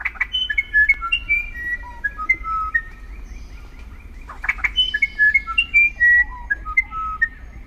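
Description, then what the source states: Musician wren song: clear, flute-like whistled notes that step up and down in pitch in a varied, melodic phrase, repeated after a pause, over a low background hum. South American bird, considered by many the most legendary singer among the wrens.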